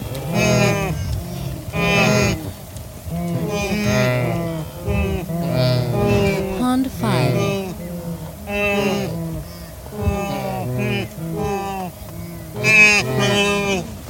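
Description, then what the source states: Wildebeest grunting calls: many nasal, honking grunts in quick bursts throughout. Adult.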